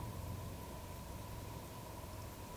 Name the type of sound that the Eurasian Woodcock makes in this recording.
whistle